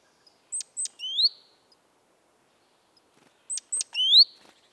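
Great tit gives two separate call bursts, each of two piercing high ticks and a rising slurred whistle, with silence between.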